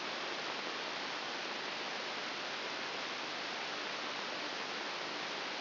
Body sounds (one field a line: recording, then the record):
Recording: brain microelectrode recording played as sound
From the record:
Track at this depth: inside the subthalamic nucleus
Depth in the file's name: 5.801 mm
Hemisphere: right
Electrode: 3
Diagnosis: Parkinson's disease